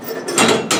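A caster wheel lock on a rolling metal planer stand built from a bed frame is pressed into place. Two sharp mechanical clicks are heard at 0.4 s and 0.7 s over a faint ratcheting rattle. The caster locks engage and hold the stand in place.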